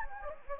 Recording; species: mosquito wingbeat signal from an infrared sensor; Anopheles gambiae